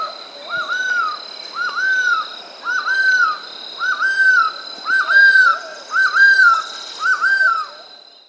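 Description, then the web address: Golden-headed quetzal singing a steady series of mellow whistled notes, each rising then slurring down, repeated about once a second over a constant high insect drone. Andes of South America. "Natures Songs S America Andean Birds. Golden-Headed Quetzal (Pharomachrus Auriceps)"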